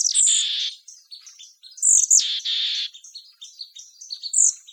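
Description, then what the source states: Bird calls: two loud, harsh buzzy rasps, each led by a sharp high squeal, with quick thin chirps and squeaks scattered between them. Mechanical calls.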